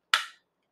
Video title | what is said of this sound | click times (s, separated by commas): Hush Pump 2 0 Tutorial | there's the click you know you got a seal in there pull it make sure it's on good yep all right so | 0.1 s